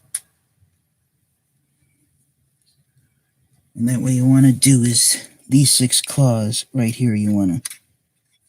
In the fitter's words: it will snap into place and